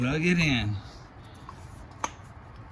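A rubber spark plug wire boot is pushed onto a spark plug on a 2001 Yamaha 1100 motorcycle that starts but won't stay on. Someone talks, then the boot snaps onto the plug at 2.0 s with a sharp click. The boot is still not fully seated.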